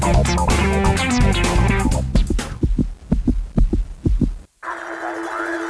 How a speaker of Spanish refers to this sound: Arrimás la oreja a la colectiva. Vas a escuchar Latidos.